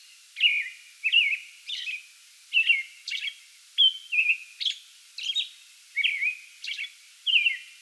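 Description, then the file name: American robin song: clear warbled phrases in a continuous string, with occasional high squeaky notes mixed in. Pre-dawn song bout recorded 8 May 2022. "2022-05-08 American Robin pre-dawn song bout"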